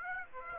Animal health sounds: mosquito wingbeat signal from an infrared sensor; Aedes aegypti

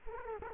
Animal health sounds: mosquito wingbeat signal from an infrared sensor; Culex quinquefasciatus

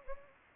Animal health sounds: mosquito wingbeat signal from an infrared sensor; Anopheles arabiensis

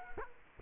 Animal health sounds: mosquito wingbeat signal from an infrared sensor; Culex quinquefasciatus

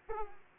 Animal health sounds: mosquito wingbeat signal from an infrared sensor; Culex pipiens

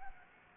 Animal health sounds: mosquito wingbeat signal from an infrared sensor; Anopheles gambiae

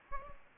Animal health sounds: mosquito wingbeat signal from an infrared sensor; Aedes aegypti

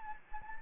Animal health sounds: mosquito wingbeat signal from an infrared sensor; Anopheles gambiae

